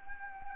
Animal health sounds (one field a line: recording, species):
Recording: mosquito wingbeat signal from an infrared sensor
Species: Anopheles gambiae